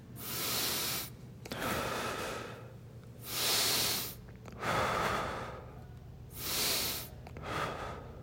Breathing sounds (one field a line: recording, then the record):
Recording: deep breathing after running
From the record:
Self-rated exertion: moderate exertion (3 of 6)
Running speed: 8 miles an hour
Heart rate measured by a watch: 100 beats a minute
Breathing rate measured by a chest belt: 14 breaths a minute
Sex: male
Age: 23 years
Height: 172 cm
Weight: 73 kg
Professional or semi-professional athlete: no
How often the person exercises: 3 to 5 times a week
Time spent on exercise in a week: over 5 hours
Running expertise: yes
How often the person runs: 3 to 5 times a week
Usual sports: running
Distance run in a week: 40 km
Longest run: 20 km